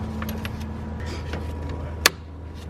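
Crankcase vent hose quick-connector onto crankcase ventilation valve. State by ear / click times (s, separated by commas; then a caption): seated / 2.1 s. One end of a plastic crankcase vent hose on a BMW is pushed onto the crankcase ventilation valve fitting over a steady low hum and a few faint ticks. At 2.1 s a sharp, bright click rings out as the quick-connector's clip snaps over the ridge, and the hose is seated on the valve.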